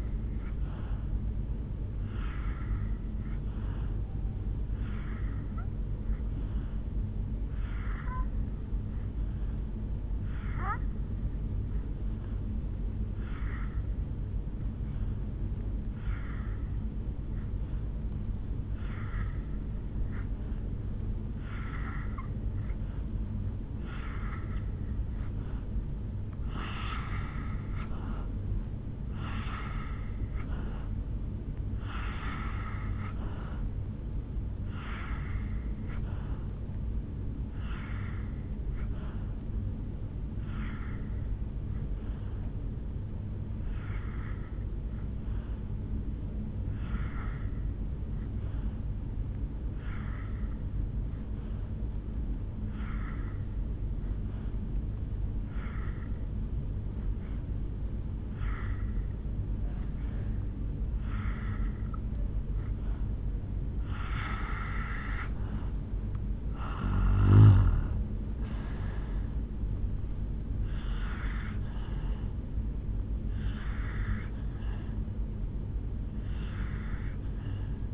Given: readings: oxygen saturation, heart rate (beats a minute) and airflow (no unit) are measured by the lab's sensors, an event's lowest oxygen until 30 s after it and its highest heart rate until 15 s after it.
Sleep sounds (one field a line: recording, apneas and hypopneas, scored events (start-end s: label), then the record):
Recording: breathing in sleep by a smartphone at the bedside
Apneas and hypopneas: 2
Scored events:
4.00-26.70 s: hypopnea (N2, oxygen 88% highest, then 83% lowest, heart rate 65 at the start, 69 highest)
42.00-66.20 s: hypopnea (N2, oxygen 90% highest, then 81% lowest, heart rate 63 at the start, 74 highest)
64.00-77.94 s: new sleep stage, N1 (lightest sleep)
From the record:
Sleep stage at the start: N2 (light sleep)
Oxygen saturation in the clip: 83 to 90%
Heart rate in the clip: 60 to 74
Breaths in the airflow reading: 20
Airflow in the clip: -11.7 to 4.8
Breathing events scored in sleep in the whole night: 449 in 7.0 hours asleep